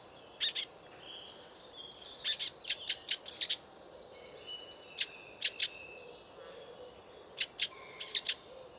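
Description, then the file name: Eurasian blackcap giving hard, clicking tac calls, singly and in quick pairs or short bursts of three or four, spaced irregularly over a quiet background. "Sylvia atricapilla"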